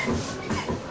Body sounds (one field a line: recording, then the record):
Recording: coughing mixed with background sound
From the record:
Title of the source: Spring Cold Coughing 2